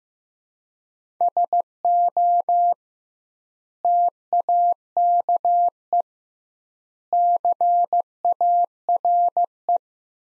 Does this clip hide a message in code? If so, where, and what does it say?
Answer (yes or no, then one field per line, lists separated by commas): yes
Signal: Morse code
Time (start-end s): 1.2-9.8 s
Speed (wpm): 15 wpm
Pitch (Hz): 700 Hz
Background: none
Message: SO TAKE CARE